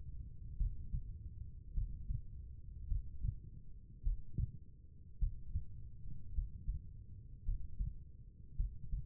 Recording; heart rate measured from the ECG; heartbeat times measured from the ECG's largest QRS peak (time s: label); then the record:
heart sounds by stethoscope; 53 bpm
0.57 s: heartbeat
1.73 s: heartbeat
2.87 s: heartbeat
4.02 s: heartbeat
5.18 s: heartbeat
6.33 s: heartbeat
7.44 s: heartbeat
8.56 s: heartbeat
From the record:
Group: healthy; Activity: Valsalva maneuver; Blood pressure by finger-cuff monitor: 101/67 mmHg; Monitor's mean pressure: 75 mmHg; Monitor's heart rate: 52 bpm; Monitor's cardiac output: 4.1 L/min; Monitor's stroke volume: 76 mL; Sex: female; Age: 36 years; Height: 163 cm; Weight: 88 kg